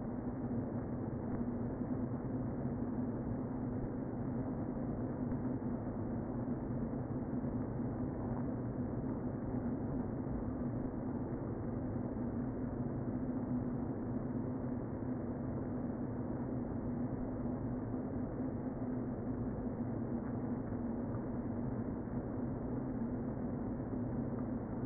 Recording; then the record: honeybee colony, microphone inside the hive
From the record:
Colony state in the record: queen present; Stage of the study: before two queens were removed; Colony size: about 60,000 bees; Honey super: yes